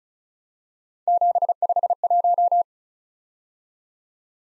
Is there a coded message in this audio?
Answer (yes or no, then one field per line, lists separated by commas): yes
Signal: Morse code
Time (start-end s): 1.1-2.6 s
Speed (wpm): 36 wpm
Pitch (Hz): 700 Hz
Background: none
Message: 751